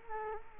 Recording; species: mosquito wingbeat signal from an infrared sensor; Culex quinquefasciatus